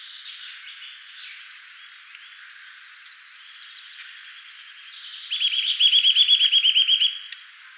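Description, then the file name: Eurasian nuthatch producing a fast, even trill of repeated notes in the second half, preceded by thin high chirps and faint notes. "Sitta europaea"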